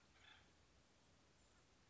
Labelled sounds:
Acorn Woodpecker
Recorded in Sonoma County, California

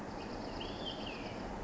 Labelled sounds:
Olive-sided Flycatcher
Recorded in Sonoma County, California

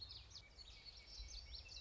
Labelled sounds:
Common Yellowthroat
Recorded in Sonoma County, California

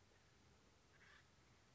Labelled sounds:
Acorn Woodpecker
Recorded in Sonoma County, California

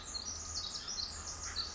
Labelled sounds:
Pacific Wren
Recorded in Sonoma County, California

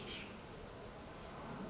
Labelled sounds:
California Towhee
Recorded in Sonoma County, California

